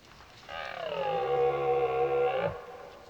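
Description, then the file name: Red deer roar: a single deep, harsh bellow held steadily for about two seconds, ending abruptly. Rutting roars heard in the distance. "Burlen 06 in deverte"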